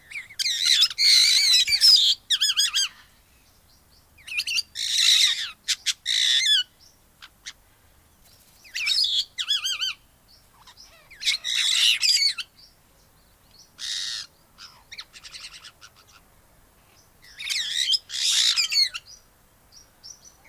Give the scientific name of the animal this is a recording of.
Pionites melanocephalus